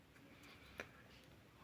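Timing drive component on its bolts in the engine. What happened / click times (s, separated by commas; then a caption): The timing component settled into position / 0.8 s. During a timing belt replacement on an Audi A4 2.0 diesel engine, with its bolts loosened, a timing drive component is pushed back into its proper position on those bolts. A faint, short tick sounds at 0.8 s over a steady low background. The component shifts into place and is seated.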